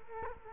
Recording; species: mosquito wingbeat signal from an infrared sensor; Culex quinquefasciatus